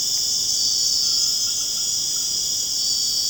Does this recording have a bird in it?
no